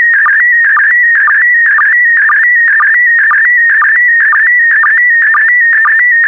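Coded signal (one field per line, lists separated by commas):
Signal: SSTV (slow-scan television)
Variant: PD120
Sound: warbling tone around 2 kHz with a short low blip about twice a second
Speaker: Five, four, three, two, one. Thank you. Transmission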